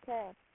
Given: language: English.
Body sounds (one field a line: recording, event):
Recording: throat vibration sensor signal played as sound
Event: speech